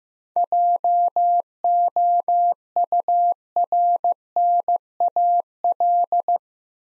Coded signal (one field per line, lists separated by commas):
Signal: Morse code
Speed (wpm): 15 wpm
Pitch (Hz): 700 Hz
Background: none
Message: JOURNAL